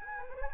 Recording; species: mosquito wingbeat signal from an infrared sensor; Anopheles gambiae